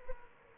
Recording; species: mosquito wingbeat signal from an infrared sensor; Aedes albopictus